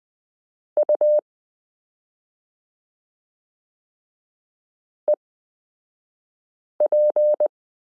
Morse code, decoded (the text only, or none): UEP